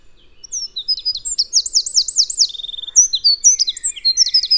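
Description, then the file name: Eurasian wren pouring out high, rapid notes, a series of looping trills, a short buzzy rattle, then more quick scattered phrases. "Troglodytes troglodytes"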